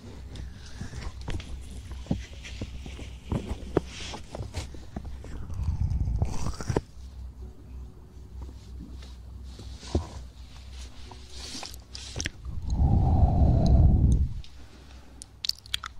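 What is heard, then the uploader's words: Ear cleaning and massage: close scratchy rubbing and clicking throughout, with heavy muffled pressing swells near six and thirteen seconds. ASMR Ear cleaning & Ear massage.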